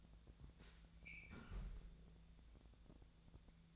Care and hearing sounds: daily activity, microphone in the room; close fridge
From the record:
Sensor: 3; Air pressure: 1000.0 hPa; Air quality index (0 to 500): 133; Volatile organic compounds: 2 ppm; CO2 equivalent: 1187 ppm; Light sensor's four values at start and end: 35/89/38/41 and 35/89/37/41

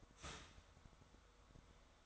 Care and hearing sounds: daily activity, microphone in the room; start toaster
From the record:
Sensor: 3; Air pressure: 1014.7 hPa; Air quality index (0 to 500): 200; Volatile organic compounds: 26 ppm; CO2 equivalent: 2869 ppm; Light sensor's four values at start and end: 4/10/4/4 and 4/10/4/4

